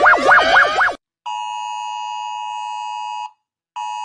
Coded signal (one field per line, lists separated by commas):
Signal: Emergency Alert System (SAME) tones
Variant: 853 and 960 Hz attention tone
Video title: Rating EAS Alarms (Please read the desc for info about 9/11)